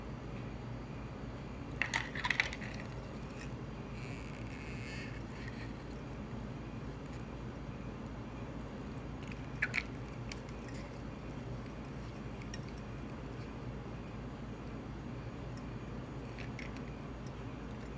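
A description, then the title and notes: Boiling water with ice gives a steady, dense low rumble that holds evenly throughout. Sharp cracks and pops cut through at about 2 seconds and again near 10 seconds, with fainter ticks later on. Boiling water with ice. This is a vapor pressure experiment, the jar was sealed while the water was boiling on a hot plate, so the steam displaced all the air out of the jar. Simply moving the jar around or tapping lightly on the top causes the water to separate from the walls of the jar, and it makes a clapping sound.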